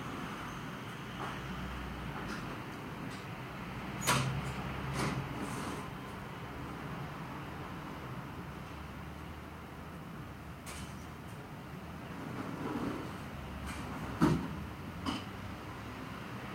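Ambient sound recorded from a home window: a steady low rumble of passing traffic runs throughout, swelling slightly around 5 and 13 seconds. Sharp clacks or knocks cut in near 4, 5, 11, 14 and 15 seconds.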